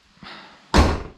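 After an oil change on a V8 car, the car's metal hood is swung down into its latch, with a soft rushing swell from about 0.2 s. A single loud, heavy slam lands at 0.7 s, and the hood slams shut and latches.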